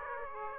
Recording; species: mosquito wingbeat signal from an infrared sensor; Aedes aegypti